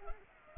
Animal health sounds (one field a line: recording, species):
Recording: mosquito wingbeat signal from an infrared sensor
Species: Culex pipiens